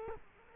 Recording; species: mosquito wingbeat signal from an infrared sensor; Culex quinquefasciatus